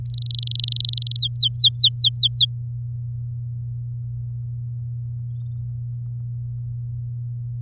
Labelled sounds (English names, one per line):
Domestic Canary song